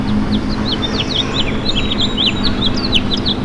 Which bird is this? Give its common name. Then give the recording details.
House Finch. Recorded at Bay Shore on Long Island, New York, on 29 May 2013. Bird G